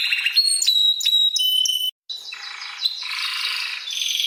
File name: Canary Singing